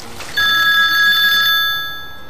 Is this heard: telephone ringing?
yes